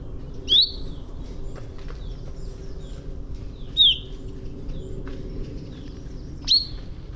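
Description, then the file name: Common chaffinch calling, three sharp high notes spaced roughly three seconds apart, set against constant low-pitched ambient noise. "Fringilla coelebs"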